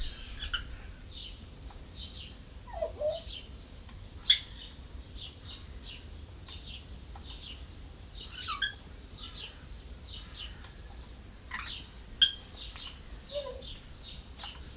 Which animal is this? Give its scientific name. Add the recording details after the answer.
Psittacus erithacus. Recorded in captivity. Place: Zoo Berlin, Berlin, DE. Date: 1996-06-01 12:32. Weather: sonnig, 22°C. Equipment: Sony MD-WM MZ-R3, Sennheiser MKH 416 T, Kopie Uher 4000 Report Monitor. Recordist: Tembrock, Günter